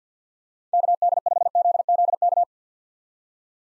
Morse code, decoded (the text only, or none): KD5ZZK